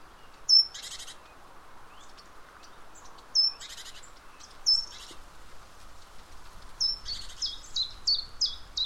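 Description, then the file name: Great tit calls, high thin notes joined to rasping buzzy bursts, then a quick run of short descending chipping notes near the end; quiet background hiss. "Parus major"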